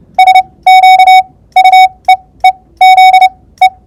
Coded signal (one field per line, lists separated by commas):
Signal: Morse code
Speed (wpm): 30 wpm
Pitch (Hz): 750 Hz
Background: none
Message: SQUEEZE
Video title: Ultimatic Squeeze Keying